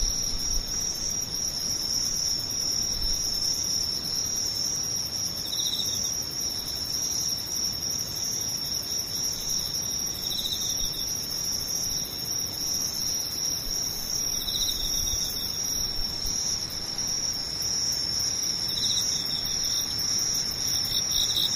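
Insects trill in a dense, steady, high-pitched chorus throughout, with faint soft chirps every few seconds and a low outdoor rumble beneath.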